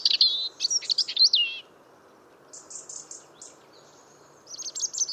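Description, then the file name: European robin giving a sweet, fluid phrase of high whistles and down-slurred notes, then a pause and thinner, fainter high twitters, then a louder burst of high notes at the end, over faint background noise. "Erithacus rubecula"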